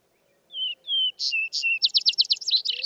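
Vesper sparrow song opening with two slurred whistles, then brighter notes and a long rapid trill; a faint low whistle runs underneath.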